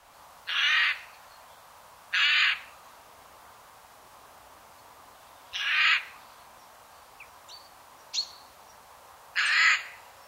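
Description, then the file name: Eurasian jay giving harsh, rasping screeches, four loud noisy bursts spaced unevenly over ten seconds, with a few faint thin notes between them. "Garrulus glandarius"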